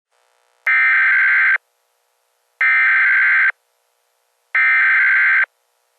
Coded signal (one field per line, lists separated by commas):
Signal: Emergency Alert System (SAME) tones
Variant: header bursts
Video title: Nations Under Fire Teaser [EAS MOCK]